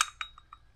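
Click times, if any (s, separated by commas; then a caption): 0.2 s. A plastic shower valve cartridge is pushed into the valve body until a small tab at the back locks it in, and it clicks into place at 0.2 s. The click follows a sharp bright transient at the very start, and two fainter ringing ticks come after it. The cartridge is seated.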